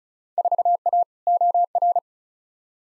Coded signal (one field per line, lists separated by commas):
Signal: Morse code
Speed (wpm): 36 wpm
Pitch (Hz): 700 Hz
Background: none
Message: 4A OR